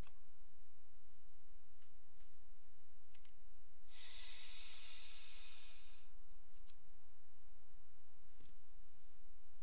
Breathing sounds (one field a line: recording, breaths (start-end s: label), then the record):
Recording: nose breathing near a microphone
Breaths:
3.16-6.56 s: inhalation
From the record:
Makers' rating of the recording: medium